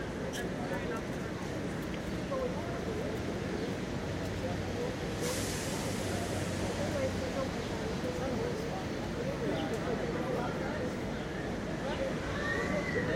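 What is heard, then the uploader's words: A busy crowd in Washington Square Park keeps up a steady, dense murmur of overlapping voices, with no pause through the whole stretch. Around five seconds a hissing rush lasts a second or two, and faint low hums and short chirps surface now and then. NYC Washington Square Park Nature and People.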